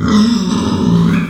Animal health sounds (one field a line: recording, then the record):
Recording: squeal of a Yucatan mini pig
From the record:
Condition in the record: after surgery on the right vocal fold (resection and tissue-engineered implant)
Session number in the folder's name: 13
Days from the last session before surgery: 113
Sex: female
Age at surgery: 19 weeks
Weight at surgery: 25 kg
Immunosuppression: prednisolone